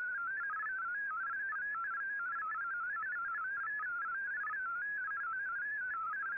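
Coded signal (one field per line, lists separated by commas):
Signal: multi-tone FSK (Olivia or MFSK type)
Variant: MFSK32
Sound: rapid warbling single tone hopping quickly between many pitches, continuous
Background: radio static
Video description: Here is my decode of the Shortwave Radiogram broadcast today on 15770Khz shortwave radio at 1300UTC in MFSK32 and 64 with 11 SSTV images.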